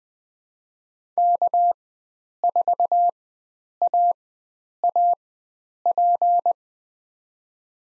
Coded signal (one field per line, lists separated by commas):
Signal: Morse code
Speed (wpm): 20 wpm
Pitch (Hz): 700 Hz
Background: none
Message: K4AAP